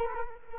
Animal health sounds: mosquito wingbeat signal from an infrared sensor; Culex quinquefasciatus

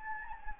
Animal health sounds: mosquito wingbeat signal from an infrared sensor; Anopheles gambiae

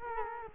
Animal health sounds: mosquito wingbeat signal from an infrared sensor; Culex quinquefasciatus

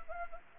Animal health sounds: mosquito wingbeat signal from an infrared sensor; Anopheles gambiae

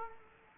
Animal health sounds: mosquito wingbeat signal from an infrared sensor; Culex quinquefasciatus

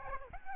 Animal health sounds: mosquito wingbeat signal from an infrared sensor; Aedes albopictus

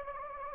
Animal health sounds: mosquito wingbeat signal from an infrared sensor; Anopheles gambiae

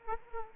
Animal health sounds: mosquito wingbeat signal from an infrared sensor; Aedes aegypti

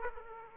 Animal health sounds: mosquito wingbeat signal from an infrared sensor; Aedes aegypti

